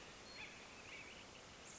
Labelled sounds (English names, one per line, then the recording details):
Acorn Woodpecker
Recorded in Sonoma County, California